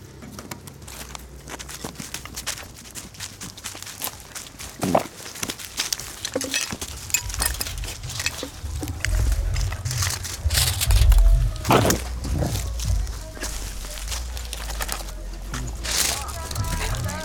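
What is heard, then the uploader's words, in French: A ground-level walk recorded by dogs through a newly built neighborhood, full of rapid scuffs and taps from steps and movement. A low rumble swells from about eight seconds on, with louder knocks near 5, 11 and 16 seconds and faint voices. Une balade sonore au ras du sol, enregistrée en binaural par des chiens d’un quartier récemment urbanisé en bordure de Belo Horizonte, au sud-est du Brésil. Micro binaural placé au niveau des oreilles.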